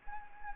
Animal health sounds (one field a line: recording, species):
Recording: mosquito wingbeat signal from an infrared sensor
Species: Anopheles gambiae